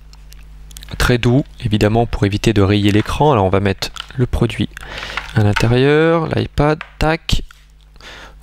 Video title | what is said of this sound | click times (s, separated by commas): be.ez LA cover Allure et LA full cover pour iPad | ça se clipse voilà ça a l'air de bien maintenir le produit on va la fermer voilà | 7.8 s, 8.0 s